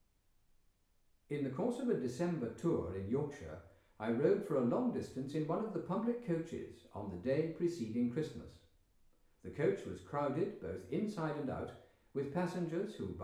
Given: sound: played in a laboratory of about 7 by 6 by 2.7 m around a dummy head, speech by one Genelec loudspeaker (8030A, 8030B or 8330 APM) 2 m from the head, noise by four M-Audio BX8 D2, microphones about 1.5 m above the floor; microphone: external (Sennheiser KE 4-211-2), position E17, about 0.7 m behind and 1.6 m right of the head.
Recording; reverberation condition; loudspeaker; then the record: male speech in English; medium; 150 degrees to the right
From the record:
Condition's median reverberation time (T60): about 510 ms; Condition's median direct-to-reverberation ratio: about -0.5 dB